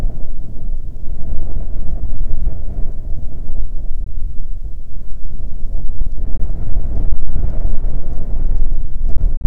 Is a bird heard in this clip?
no